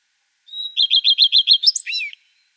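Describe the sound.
Common redstart singing a single thin whistled opening note, then a quick series of repeated notes, closing with a short varied twitter.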